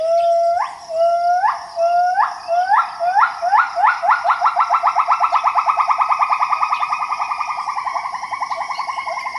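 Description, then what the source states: Gibbon call: rising whoops that speed up into a long, fast, bubbling trill of repeated notes, gradually fading, with a constant high insect drone behind. Gibbons calling in the morning in Danum Valley, Borneo, heard far off from a trail behind a research station.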